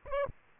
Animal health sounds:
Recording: mosquito wingbeat signal from an infrared sensor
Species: Aedes albopictus

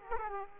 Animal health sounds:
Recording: mosquito wingbeat signal from an infrared sensor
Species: Aedes aegypti

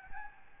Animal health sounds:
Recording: mosquito wingbeat signal from an infrared sensor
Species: Aedes albopictus

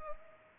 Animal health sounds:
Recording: mosquito wingbeat signal from an infrared sensor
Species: Culex pipiens

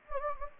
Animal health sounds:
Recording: mosquito wingbeat signal from an infrared sensor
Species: Anopheles gambiae

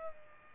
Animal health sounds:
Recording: mosquito wingbeat signal from an infrared sensor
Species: Aedes aegypti

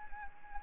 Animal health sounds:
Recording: mosquito wingbeat signal from an infrared sensor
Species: Anopheles arabiensis

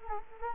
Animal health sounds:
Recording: mosquito wingbeat signal from an infrared sensor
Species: Anopheles gambiae

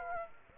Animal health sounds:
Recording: mosquito wingbeat signal from an infrared sensor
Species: Aedes aegypti

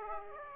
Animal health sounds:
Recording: mosquito wingbeat signal from an infrared sensor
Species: Aedes aegypti

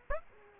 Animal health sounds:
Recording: mosquito wingbeat signal from an infrared sensor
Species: Aedes aegypti

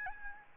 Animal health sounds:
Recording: mosquito wingbeat signal from an infrared sensor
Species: Aedes albopictus

